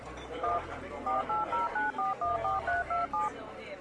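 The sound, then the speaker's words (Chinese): A mobile phone dials a number to call another mobile phone left in a taxi: about eleven short, clear two-tone keypad beeps in a quick, fairly even sequence, each a brief electronic chirp over a low background hum. “你确定吗？用我的手机打打看。”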